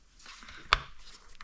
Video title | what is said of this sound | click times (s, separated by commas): PART 2/3 (FRONT DIFF) - Arrma Kraton Differential Diagnosis & Repair Tutorial Series-1/8 Scale Truck | Okay, it should click in order to find that it's solidly latched in. | 0.7 s